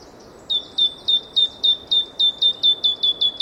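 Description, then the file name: Great tit repeating a bright whistled note with a sharp downward start in a quick, even series. "Parus major"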